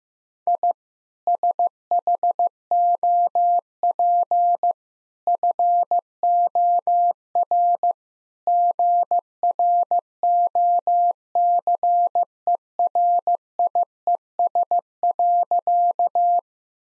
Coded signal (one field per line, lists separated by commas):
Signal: Morse code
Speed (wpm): 15 wpm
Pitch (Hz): 700 Hz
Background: none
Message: I SHOP FOR GROCERIES.